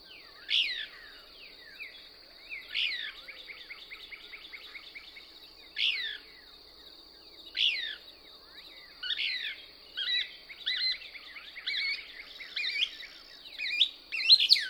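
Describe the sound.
Couch's Kingbird calls, spaced sharp descending notes early on, then faster clustered twitters building toward the end.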